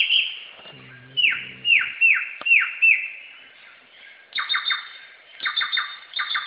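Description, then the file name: Samyong bird song: several loud downslurred whistles, then triple groups of bright chip notes; a short low buzzy sound is heard near the start. Samyong bird calling in a forest. "suara burung samyong di hutan"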